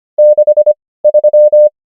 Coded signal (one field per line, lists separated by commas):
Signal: Morse code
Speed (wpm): 25 wpm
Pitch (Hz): 600 Hz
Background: none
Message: 6 3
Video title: morse code practice | 25wpm | 17fw | numbers | ENGLISH